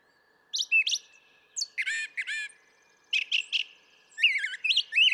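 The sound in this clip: Brown thrasher song: a sequence of distinct phrases, harsh doubled notes, rapid repeated chirps and wavering whistles, each phrase separated by short pauses.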